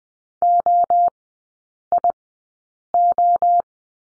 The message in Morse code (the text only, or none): OIO